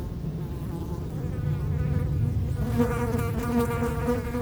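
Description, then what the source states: Fly buzzing, faint at first under low wind rumble, then a clearer wavering drone toward the end. Flies feeding on dung, close-up; Chemin de Lombardil, Fenouillet, France, near Blagnac airport; windy day; recorded with Sennheiser MKH8040 ORTF pair and SD MixPre6.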